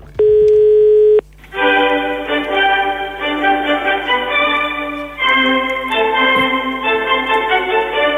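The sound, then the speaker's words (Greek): A telephone ringing tone of a call to the Maximos Mansion sounds once as a steady, mid-pitched burst lasting about a second, then gives way to a continuous, dense run of tonal, music-like sound. No one speaks. “Οπότε πρέπει να μάθουμε τι ακριβώς συμβαίνει, πώς θα γίνει όλο αυτό, και παίρνουμε τηλέφωνο στο Μέγαρο Μαξίμου.”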